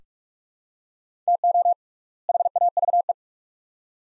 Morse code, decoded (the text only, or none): TO HAVE